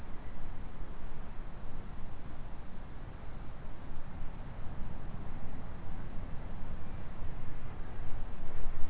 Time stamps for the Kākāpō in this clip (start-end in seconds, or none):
none